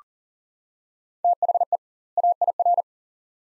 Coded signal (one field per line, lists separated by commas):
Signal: Morse code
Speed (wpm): 40 wpm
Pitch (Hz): 700 Hz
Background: none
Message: THE AIR